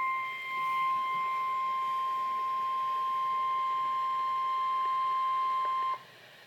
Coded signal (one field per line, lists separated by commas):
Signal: Emergency Alert System (SAME) tones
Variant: 1050 Hz attention tone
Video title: Winter Storm Warning - EAS #313